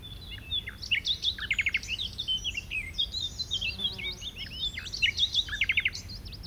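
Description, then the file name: Common nightingale song: dense, tumbling phrases of chirps, short trills and repeated notes, with little pause between them, over a low rumbling background. "Luscinia megarhynchos"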